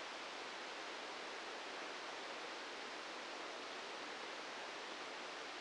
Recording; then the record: brain microelectrode recording played as sound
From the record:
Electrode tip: inside the subthalamic nucleus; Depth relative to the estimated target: 0 mm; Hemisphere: left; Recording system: NeuroSet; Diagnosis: Parkinson's disease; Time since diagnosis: 13 years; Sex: male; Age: 65 years